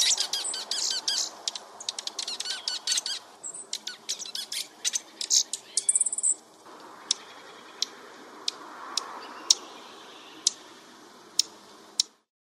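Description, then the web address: Dark-eyed junco: quick high notes and trills at first, then isolated sharp chip notes spaced about a second apart. North America. "Songs of Birds of North America. Dark-eyed Junco"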